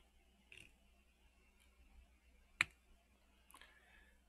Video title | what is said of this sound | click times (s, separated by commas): Mega Construx Call of Duty DPB60 Anti Armor Helicopter 2016 part 3 final | very satisfying click in | 2.6 s